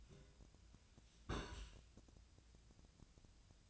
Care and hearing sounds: daily activity, microphone in the room; place on stove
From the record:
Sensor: 2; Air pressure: 1009.8 hPa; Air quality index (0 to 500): 181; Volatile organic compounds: 10 ppm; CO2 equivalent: 2261 ppm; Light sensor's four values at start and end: 32/78/34/38 and 32/78/34/38

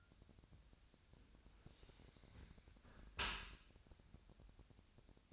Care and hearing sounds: daily activity, microphone in the room; close dishwasher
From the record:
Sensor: 2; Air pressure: 1006.6 hPa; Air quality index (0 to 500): 203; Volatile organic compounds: 15 ppm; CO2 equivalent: 2485 ppm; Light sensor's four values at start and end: 9/21/9/9 and 9/21/9/9

